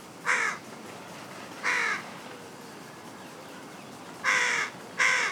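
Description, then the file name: Carrion crow calling with four hoarse caws, two early and two late, with a quiet stretch between. "Corvus corone"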